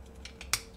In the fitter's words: 好，推到底也是嘎噔一声，这里边有卡点。